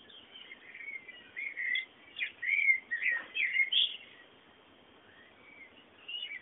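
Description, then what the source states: Birds chirping in a cluster of warbled, whistled notes over steady hiss, trailing off into occasional soft calls. Background bird sounds.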